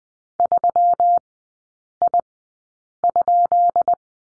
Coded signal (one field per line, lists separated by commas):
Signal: Morse code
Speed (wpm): 20 wpm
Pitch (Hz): 700 Hz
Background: none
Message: 3I?